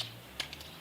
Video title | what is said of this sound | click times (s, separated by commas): BALADE AVEC LOULOU - BIODOG | Vous entendez le clip, c'est du costaud. | 0.4 s